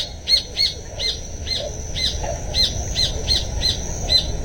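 Birds chirp in trees in quick, high, repeated notes, about a dozen bright calls in an uneven rhythm over a steady low rumble of background noise.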